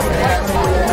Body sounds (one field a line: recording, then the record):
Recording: background sound without coughing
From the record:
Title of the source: Nightlife Party Simulating Party Club Noise 1 Hour